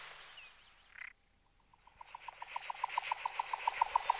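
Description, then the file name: Jack snipe making a brief rasp, then a run of hollow pulses that grow louder toward the end. "slučka-malá"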